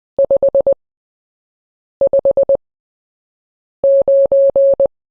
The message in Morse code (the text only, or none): 559